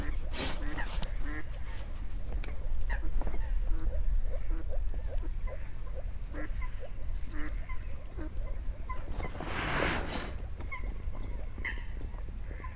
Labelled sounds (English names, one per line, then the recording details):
Water Rail
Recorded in the wild
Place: Kützerhof, Kummerower See, Mecklenburg-Vorpommern, DE
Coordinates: 53.8561, 12.8611
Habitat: wetland
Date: 2010-04-13 22:45
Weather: klare Nacht, 8°C, windstill
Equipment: Sound Devices 702, zwei Sennheiser MKH 40, Rycote Windschutz
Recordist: Frommolt, Karl-Heinz